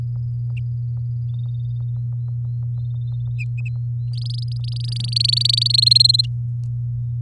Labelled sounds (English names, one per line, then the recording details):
Domestic Canary song
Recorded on 7 May 2018 at 07:00
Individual llb16